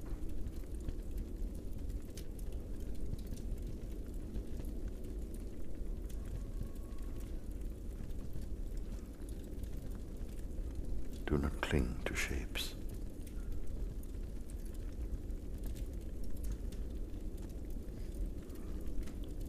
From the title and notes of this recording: … Meditation - A Quiet Mind Can Hear The Inner Voice - Cave Firepit Ambience.